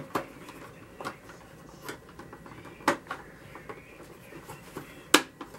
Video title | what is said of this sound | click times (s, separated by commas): G.I Joe Headquarters- 1983 | it just clicked someplace now if yours doesn't click it | 5.2 s